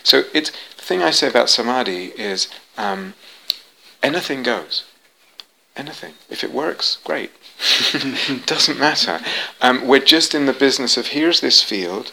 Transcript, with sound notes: So the thing I say about samādhi is anything goes, anything. If it works, great! [laughs] It doesn't matter. We're just in the business of: here's this field.